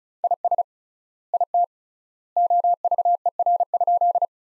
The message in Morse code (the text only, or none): IS IT OVER?